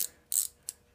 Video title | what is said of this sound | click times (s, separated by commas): Tool recommendations: iGaging digital micrometer | then it's got a click to set your tension. | 0.0 s, 0.4 s, 0.7 s